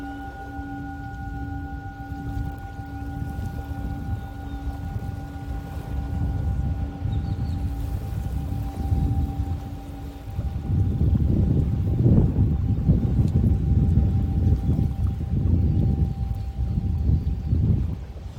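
A singing bowl hums in steady sustained tones over low, rumbling surf and splashing water that grows louder and busier after ten seconds.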